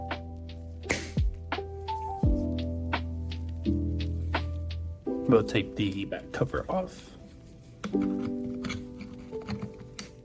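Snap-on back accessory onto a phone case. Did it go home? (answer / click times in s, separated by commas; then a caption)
yes / 10.0 s. A snap-on back accessory is fitted onto an aramid fiber case on an OPPO Find X9 Pro phone after the back cover is rotated off. Someone talks over music as light taps and handling noises build, then a sharp click at 10.0 s shows the accessory has snapped into place.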